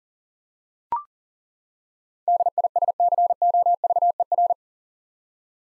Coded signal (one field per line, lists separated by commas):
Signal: Morse code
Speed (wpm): 40 wpm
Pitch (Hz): 700 Hz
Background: none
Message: DISCOVER